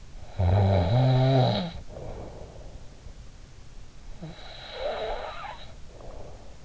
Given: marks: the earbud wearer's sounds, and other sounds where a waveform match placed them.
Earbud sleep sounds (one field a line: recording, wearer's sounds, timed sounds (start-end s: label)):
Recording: sounds in sleep by an in-ear microphone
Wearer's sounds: snoring breath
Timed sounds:
0.33-2.67 s: snoring breath
4.17-6.58 s: snoring breath